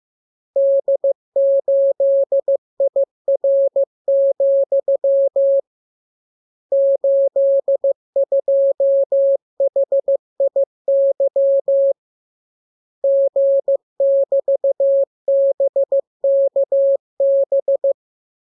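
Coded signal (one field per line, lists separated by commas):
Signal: Morse code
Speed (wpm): 15 wpm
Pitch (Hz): 550 Hz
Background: none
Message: D8IR, 82HIY G<BT>BKB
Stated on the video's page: Morse code lesson 38 of 42 for amateur radio receiving practice: radiogram opening with VVV and a section sign, ending with AR.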